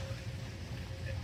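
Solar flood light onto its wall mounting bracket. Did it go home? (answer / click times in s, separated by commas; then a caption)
no / none. An AiXPI solar-powered motion-sensor security light housing is lined up outdoors to slide down onto its plastic bracket, which is mounted to the wall with two screws. Only a steady low rumble with breathy, wind-like noise is heard, with no sharp sounds. Nothing has seated or clicked yet.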